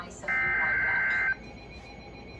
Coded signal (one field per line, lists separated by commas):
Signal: Emergency Alert System (SAME) tones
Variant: header bursts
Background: speech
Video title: Severe Thunderstorm Warning (EAS #632)